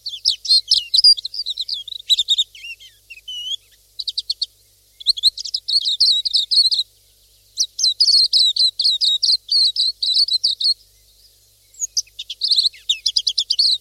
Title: Pleci silvereye